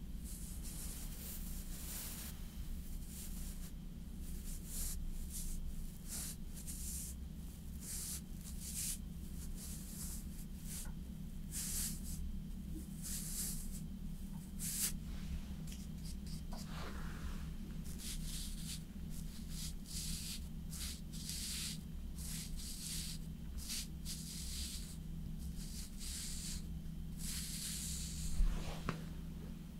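Slow, quiet makeup application: soft brushing and rustling strokes come in short repeated bursts throughout, over a steady low hum. A few sharper taps stand out, and a brief louder sound comes near the end.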